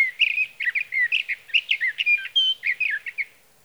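Sage thrasher song, a hurried run of burry, warbling notes and clear whistles, tumbling along without pause for over three seconds.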